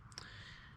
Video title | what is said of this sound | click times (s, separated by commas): Progress on the crashed FG2 8th gen Civic Si | hammered back into that little spot and then it clicks and locks in so I don't know how the heck it got ripped out but | 0.1 s, 0.2 s